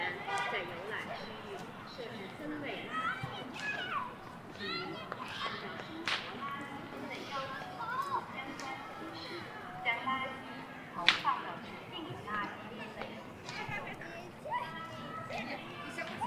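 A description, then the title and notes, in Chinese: At a Beijing temple park, a busy outdoor crowd murmurs steadily as children's voices chatter and shout, with occasional sharp, brief bursts. 城市声音。北京地坛。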